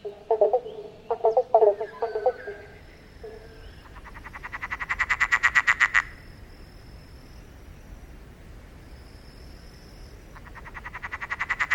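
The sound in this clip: Frog calls: a few low rough croaks at the start, then a long rapid pulsed trill, a pause, and the trill beginning again at the end.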